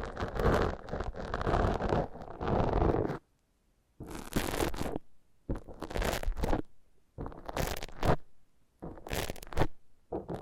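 Foam is squeezed and rubbed in rough, hissing strokes, a dense continuous stretch for the first three seconds. After a short silence it returns as separate bursts of squishing and scraping, each about a second long with brief pauses between.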